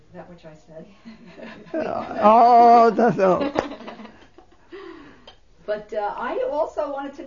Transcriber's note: they laugh